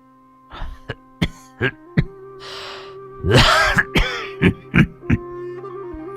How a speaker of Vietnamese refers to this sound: … ho khổ khổ.